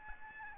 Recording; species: mosquito wingbeat signal from an infrared sensor; Aedes albopictus